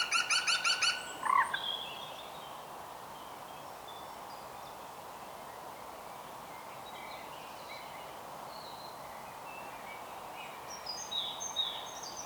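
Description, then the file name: European green woodpecker calling: a short burst of about six loud, ringing harmonic notes in quick succession at the start, then faint bird calls over a steady background hiss. "Groene Specht Picus viridis"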